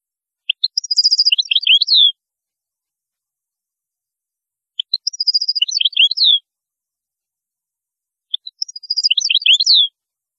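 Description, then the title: European goldfinch song: three identical bright twittering phrases, each about one and a half seconds, ending in a falling slur, repeated roughly every four seconds against silence. "Chant Chardonneret"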